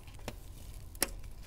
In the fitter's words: so that click lets you know that the module is fully inserted uh